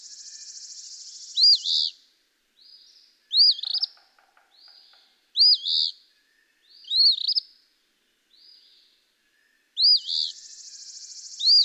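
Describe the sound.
Eastern phoebe song: sharp arched two-part phrases about every two seconds, with a buzzy rasping stretch between some and faint low ticking once.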